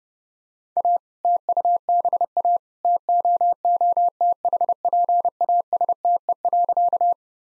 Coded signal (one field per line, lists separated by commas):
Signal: Morse code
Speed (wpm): 28 wpm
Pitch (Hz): 700 Hz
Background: none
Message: A TUBA TOOTHPASTE.